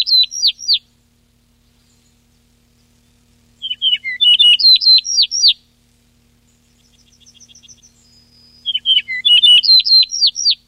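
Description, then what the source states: Yellow-breasted bunting song, three phrases of bright downslurred whistles spaced several seconds apart, with faint high rapid notes between them. 14 June 1993.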